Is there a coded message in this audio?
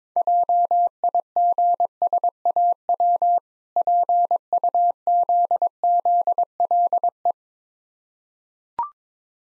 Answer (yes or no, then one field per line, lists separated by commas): yes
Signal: Morse code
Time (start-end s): 0.2-7.3 s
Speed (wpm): 22 wpm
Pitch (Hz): 700 Hz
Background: none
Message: JIGSAW PUZZLE